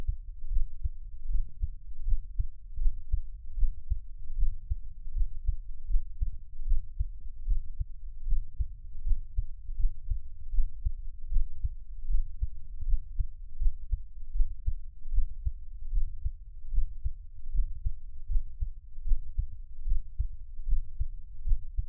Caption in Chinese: 台灣ASMR | 獻上我的心跳 | Give my Heartbeat | NO Talking。